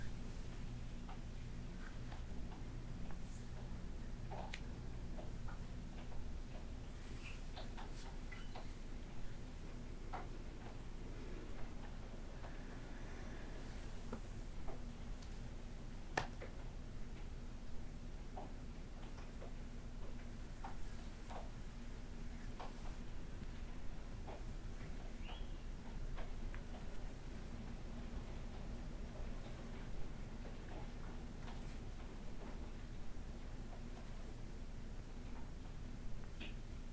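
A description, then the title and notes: Hair play and back scratching over a rainy-day backdrop: a steady, low rumbling hum runs unchanged throughout. Soft ticks and brief scratchy touches land irregularly on top, with a few sharper snaps, one standing out near the sixteen-second mark. Rainy day hair play back scratch & massage.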